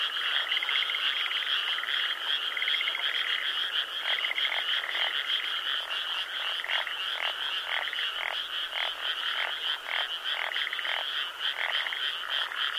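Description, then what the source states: Many frogs croaking together, a constant high trilling chorus punctuated by quick repeated lower clicks, several each second toward the end. Frogs at the Mabechigawa River.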